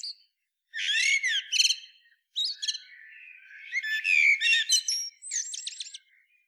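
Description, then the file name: Eurasian blackbird pours out warbled, whistled phrases with sharp rising notes and high squeaky flourishes, in nearly continuous song with short gaps. "Turdus merula"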